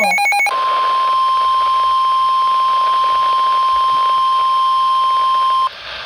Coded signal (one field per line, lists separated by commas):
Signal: Emergency Alert System (SAME) tones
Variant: 1050 Hz attention tone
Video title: NOAA Radio (EAS # 255-260) 5 SVR's 2 RARE SVR's